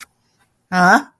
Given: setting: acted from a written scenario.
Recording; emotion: vocal sound without words; anger